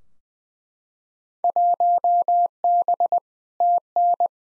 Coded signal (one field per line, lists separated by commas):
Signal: Morse code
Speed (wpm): 20 wpm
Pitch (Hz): 700 Hz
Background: none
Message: 1B TN